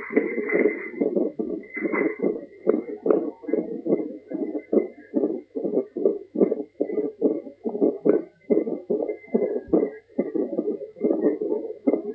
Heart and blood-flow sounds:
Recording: fetal heart sounds by stethoscope on the mother's abdomen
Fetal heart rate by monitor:
0.00-10.00 s: 147 bpm
From the record:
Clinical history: high fetal heart rate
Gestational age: 33 weeks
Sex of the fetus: boy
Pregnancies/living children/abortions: 2/0/1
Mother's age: 37 years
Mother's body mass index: 32.2

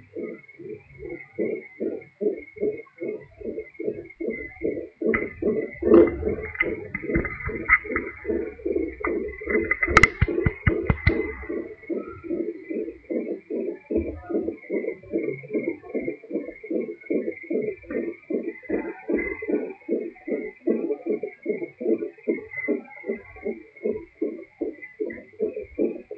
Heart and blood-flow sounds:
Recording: fetal heart sounds by stethoscope on the mother's abdomen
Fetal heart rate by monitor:
0.00-10.00 s: 151 bpm
10.00-20.00 s: 149 bpm
20.00-26.18 s: 148 bpm
From the record:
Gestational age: 35 weeks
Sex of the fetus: girl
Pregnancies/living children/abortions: 1/0/0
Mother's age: 27 years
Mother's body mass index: 32.0

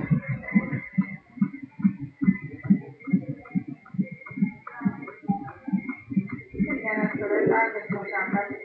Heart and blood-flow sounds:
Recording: fetal heart sounds by stethoscope on the mother's abdomen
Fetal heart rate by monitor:
0.00-8.65 s: 142 bpm
From the record:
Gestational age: 32 weeks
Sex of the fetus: boy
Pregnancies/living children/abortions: 3/2/0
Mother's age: 41 years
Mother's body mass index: 28.1

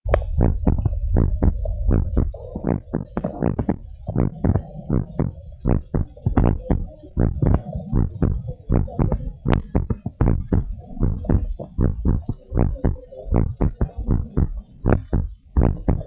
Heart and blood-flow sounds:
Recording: heart sounds of a pregnant woman by stethoscope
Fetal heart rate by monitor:
no fetal heartbeat
From the record:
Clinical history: high fetal heart rate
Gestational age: 37 weeks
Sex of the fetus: girl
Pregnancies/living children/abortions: 2/1/0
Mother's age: 30 years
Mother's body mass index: 25.7

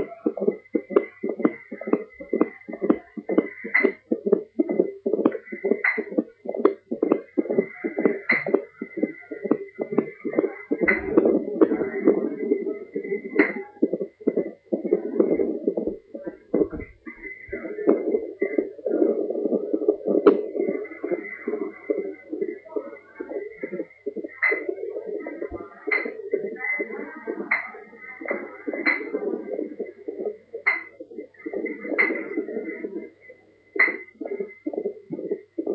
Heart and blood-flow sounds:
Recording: fetal heart sounds by stethoscope on the mother's abdomen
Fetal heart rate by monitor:
0.00-10.00 s: 126 bpm
10.00-20.00 s: 134 bpm
20.00-30.00 s: 120 bpm
30.00-35.75 s: 123 bpm
From the record:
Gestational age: 34 weeks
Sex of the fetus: girl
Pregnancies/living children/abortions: 3/2/0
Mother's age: 33 years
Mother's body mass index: 26.8

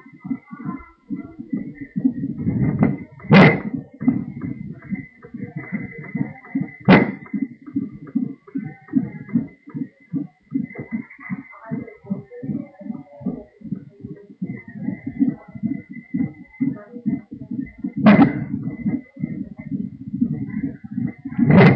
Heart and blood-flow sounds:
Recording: fetal heart sounds by stethoscope on the mother's abdomen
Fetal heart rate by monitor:
0.00-10.00 s: 142 bpm
10.00-20.00 s: 144 bpm
From the record:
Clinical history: preeclampsia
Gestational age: 33 weeks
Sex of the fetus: boy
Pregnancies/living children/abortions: 1/0/0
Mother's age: 47 years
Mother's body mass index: 32.0

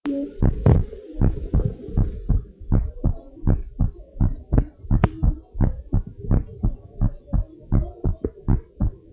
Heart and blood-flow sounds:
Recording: heart sounds of a pregnant woman by stethoscope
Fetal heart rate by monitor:
no fetal heartbeat
From the record:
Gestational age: 38 weeks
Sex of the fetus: girl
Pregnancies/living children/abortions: 2/1/0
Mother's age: 36 years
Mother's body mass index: 30.4

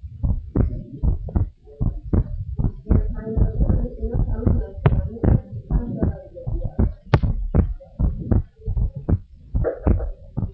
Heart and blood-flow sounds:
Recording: heart sounds of a pregnant woman by stethoscope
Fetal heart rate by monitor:
no fetal heartbeat
From the record:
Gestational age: 36 weeks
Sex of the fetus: boy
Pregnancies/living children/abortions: 2/1/0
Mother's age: 34 years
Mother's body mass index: 25.2

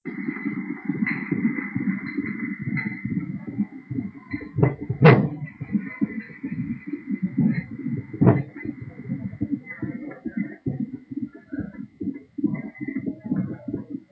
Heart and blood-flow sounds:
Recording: fetal heart sounds by stethoscope on the mother's abdomen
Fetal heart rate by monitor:
0.00-10.00 s: 133 bpm
10.00-14.12 s: 135 bpm
From the record:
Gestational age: 35 weeks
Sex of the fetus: girl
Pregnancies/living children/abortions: 2/0/1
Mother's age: 27 years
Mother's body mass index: 29.7

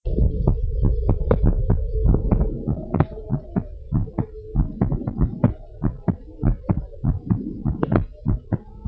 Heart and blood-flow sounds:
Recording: heart sounds of a pregnant woman by stethoscope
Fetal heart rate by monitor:
no fetal heartbeat
From the record:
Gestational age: 37 weeks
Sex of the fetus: twin girl and boy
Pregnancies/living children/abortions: 1/0/0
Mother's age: 31 years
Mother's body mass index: 28.9

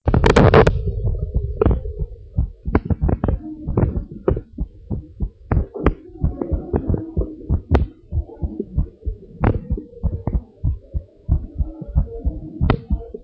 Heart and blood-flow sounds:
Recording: heart sounds of a pregnant woman by stethoscope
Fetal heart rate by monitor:
no fetal heartbeat
From the record:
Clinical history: preeclampsia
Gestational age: 32 weeks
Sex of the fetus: boy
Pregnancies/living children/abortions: 3/1/1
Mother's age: 30 years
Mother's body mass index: 25.7

